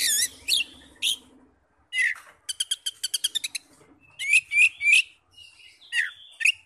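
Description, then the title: Oriental magpie-robin song: loud, varied whistled and chattering phrases, a fast burst of repeated notes midway, then clear whistled notes, with brief pauses between. "Kacer"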